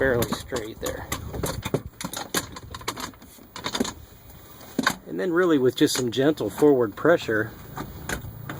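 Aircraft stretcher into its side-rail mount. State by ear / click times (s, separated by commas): not seated / none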